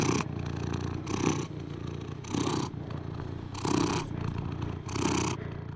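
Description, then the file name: Cat purring steadily, a low continuous rumble with louder breathy surges roughly every one and a quarter seconds. Close-up cat purring. "Digiffects Sound Effects Library - Close Cat Purr"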